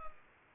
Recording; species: mosquito wingbeat signal from an infrared sensor; Culex pipiens